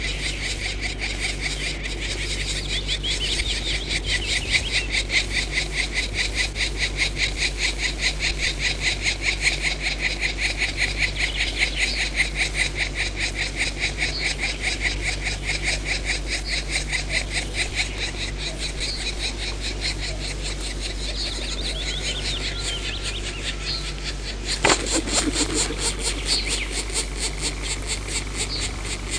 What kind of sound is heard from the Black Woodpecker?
begging call